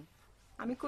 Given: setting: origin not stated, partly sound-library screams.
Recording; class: one-second piece from a danger detection set; normal situation